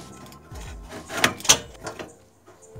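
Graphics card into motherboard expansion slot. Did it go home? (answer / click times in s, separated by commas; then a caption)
yes / 1.2 s. A graphics card is pushed into a motherboard expansion slot with its notches aligned, and it clicks into place at 1.2 s. A second sharp snap follows at about 1.5 s, set among low rubbing and handling sounds, and the card is seated.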